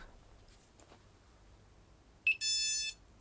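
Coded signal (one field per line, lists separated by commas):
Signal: beep code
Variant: flight controller buzzer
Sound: a brief chirp then one half-second buzzer beep with harmonics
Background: quiet room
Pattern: 1 long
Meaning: One beep means calibration is starting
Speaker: one beep says it's starting calibration,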